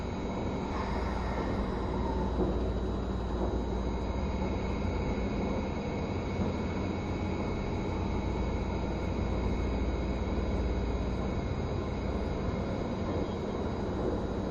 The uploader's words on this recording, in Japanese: HC85系 ひだ04号02 下呂～美濃太田。2022年07月よりデビューした、シリーズハイブリッド方式の車両であるHC85系”ひだ04号”を収録したものです。エンジン音とモーター音のバランスを考慮して1号車9Dで収録を行いましたが、双方共に非常に静粛性に優れており僅かな音しか出ておりません。走行音。